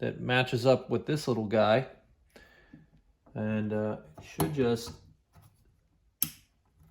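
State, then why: Seated. Someone talks while a small switch part is lined up with a window in a GM/Saginaw steering column, with the column in park, and pushed home. A single sharp, loud click is heard at 6.2 s as the part snaps into place and seats.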